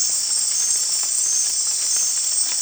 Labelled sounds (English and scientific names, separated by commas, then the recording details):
none
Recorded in dense forest near Puerto Asís, Putumayo, Colombia, on 13 March 2025 at 23:00
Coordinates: 0.503, -76.323
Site GP09